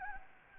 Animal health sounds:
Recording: mosquito wingbeat signal from an infrared sensor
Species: Anopheles gambiae

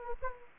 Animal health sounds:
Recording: mosquito wingbeat signal from an infrared sensor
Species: Anopheles gambiae

